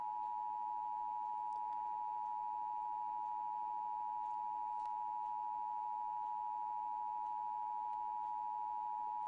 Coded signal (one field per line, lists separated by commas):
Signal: Emergency Alert System (SAME) tones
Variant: 853 and 960 Hz attention tone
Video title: Reacting To EAS Scenario #3: Error